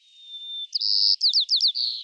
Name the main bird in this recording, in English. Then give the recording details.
White-crowned Sparrow. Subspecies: nuttalli. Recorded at Morro Bay, California, in 2014. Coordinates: 35.368, -120.866. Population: south. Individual MORR_maleF_14